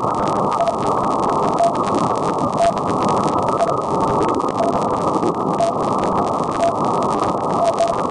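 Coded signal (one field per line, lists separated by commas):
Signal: radio time signal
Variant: RWM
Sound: short beeps once a second, about 8 in all, over crackly shortwave hiss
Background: radio static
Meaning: Each pip marks one second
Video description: Here is RWM Russia coming in great to Upstate, NY on the evening of April 18, 2011. 9996Khz runs 5kW and they also run time stations on 4996Khz and 14996Khz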